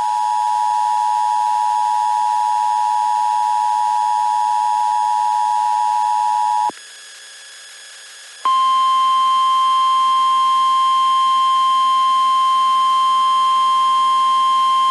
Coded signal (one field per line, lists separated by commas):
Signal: Emergency Alert System (SAME) tones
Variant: 853 and 960 Hz attention tone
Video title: EAS Severe Thunderstorm Watch #74 Missouri NOAA Weather Radio Jefferson City, MO